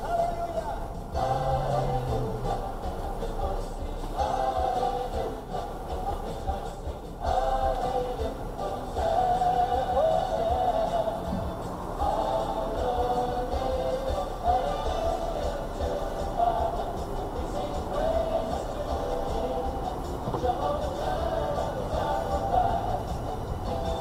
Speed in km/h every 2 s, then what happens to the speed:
5, 0, 0, 0, 0, 0, 2, 3, 5, 5, 6, 10.
1-12 standing. 12-24 steady at about 5.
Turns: none.